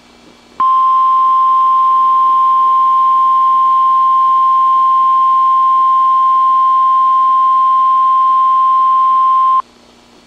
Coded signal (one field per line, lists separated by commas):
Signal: Emergency Alert System (SAME) tones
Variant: 1050 Hz attention tone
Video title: Another Successful Required Weekly Test on KEC76 (EAS #55)